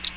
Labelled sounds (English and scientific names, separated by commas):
Ovenbird (Seiurus aurocapilla) flight call